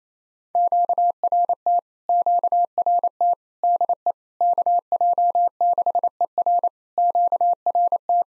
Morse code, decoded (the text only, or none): QRT QRT DE KJ6ER QRT